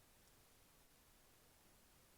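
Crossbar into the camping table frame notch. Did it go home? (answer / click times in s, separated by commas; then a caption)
no / none. The aluminum crossbar of a collapsible camping table is lined up with the notch and peg in the top piece of the frame. Only a steady, quiet noise-like hiss and faint rustle are heard, with no distinct hits. Nothing has clicked into place yet.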